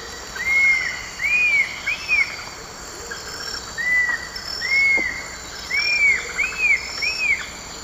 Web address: Natures Songs S America Eastern Lowlands. Attila cinnamomeus, song